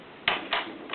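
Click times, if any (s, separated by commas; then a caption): 0.3 s. A metal bobbin case is pushed and turned at the same time into the shuttle race of a domestic sewing machine until its latch engages. A sharp latch click lands at 0.3 s, followed by softer clicks near 0.5 s and 0.9 s. The bobbin case is seated, with the latch heard clicking home.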